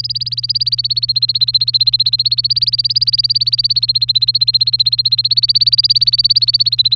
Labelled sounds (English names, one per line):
Domestic Canary song